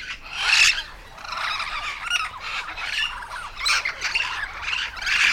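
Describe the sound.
Yellow-shouldered parrot squawks, loud raspy calls rising and falling in waves, strongest at the start and the end.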